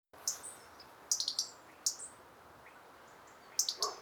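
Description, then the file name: European robin calling with brief, high, thin chirps in small bursts, separated by pauses, over faint hiss. "Erithacus rubecula"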